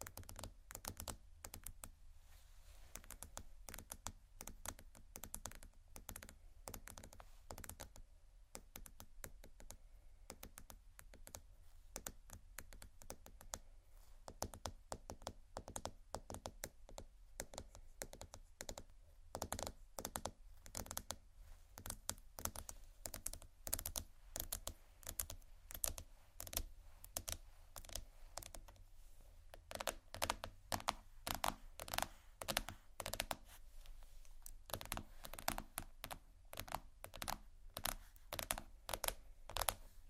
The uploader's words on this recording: Tapping,soft crinkle,scratch,plastic,textures(No Talking).